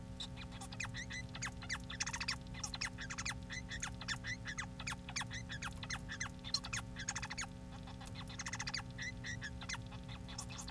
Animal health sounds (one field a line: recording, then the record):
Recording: song of a male Bengalese finch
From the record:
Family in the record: son of father 4